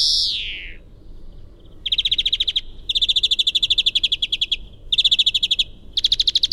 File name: Chloris chloris